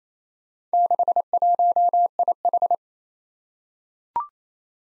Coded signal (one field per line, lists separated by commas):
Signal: Morse code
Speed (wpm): 27 wpm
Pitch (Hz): 700 Hz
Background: none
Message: 61IH